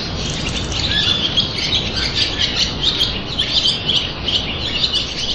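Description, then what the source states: A flock of swallows chattering at once: busy, overlapping high twitters in pulsing bursts, with a low background hum beneath. 20 or 30 swallows roosting and singing together in a castle gatehouse very early in the morning, the sound echoing inside the gatehouse.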